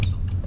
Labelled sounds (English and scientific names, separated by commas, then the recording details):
Stitchbird (Notiomystis cincta) song
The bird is a male
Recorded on Tiritiri Matangi Island, New Zealand, in 2005
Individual 21, of nest box 30